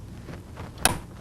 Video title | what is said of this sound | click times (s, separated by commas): White Sewing Machine Model 1418 Video Workbook | and then put your two locking T arms back down make sure they click into place | 0.9 s